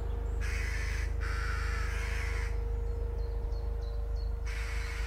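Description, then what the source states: Western Jackdaw calling in harsh, grating bursts, two close together, a pause, then one more, with a helicopter's low droning rumble throughout. Jackdaws very active at a nest directly overhead in an old rotting ivy-covered tree in a small wood; helicopter overhead; June 2020.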